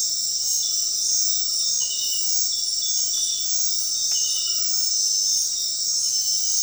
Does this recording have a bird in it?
no